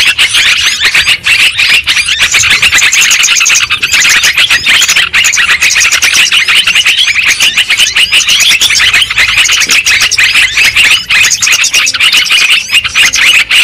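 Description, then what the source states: Lovebirds calling nonstop, a thick mass of high-pitched chirps and twitters overlapping throughout. Bird-trapping lure recording of lovebirds, in Indonesian 'pikat burung'.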